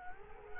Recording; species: mosquito wingbeat signal from an infrared sensor; Culex quinquefasciatus